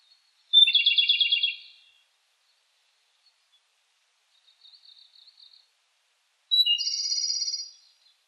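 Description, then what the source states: Japanese robin song: a sharp high note opening into a rapid rattling trill, given twice about six seconds apart, with a fainter note series between them. Recorded 18 July 2004.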